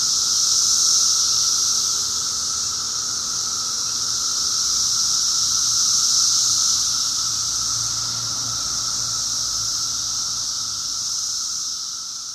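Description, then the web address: Cicadas in full song, an unbroken hissing drone pulsing slowly louder and softer across the whole stretch. Recorded in 2004. "paradise cicadas 2004"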